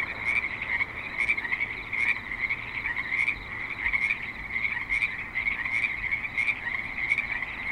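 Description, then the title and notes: Chorusing frogs give rasping croaks, steady throughout. Several frogs at a creek in Spanish Springs, Nevada, USA, in a suburban setting. "Frogs in Spanish Springs, NV - creek view. Frogs with light traffic and other suburban sounds"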